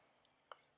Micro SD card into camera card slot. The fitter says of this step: then you just slowly and you will click in place you so